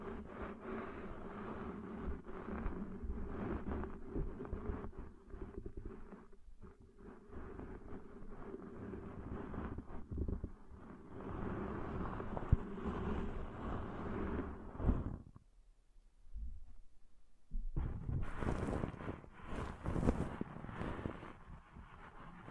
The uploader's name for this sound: Deep 3D Ear Cleaning Intense & Realistic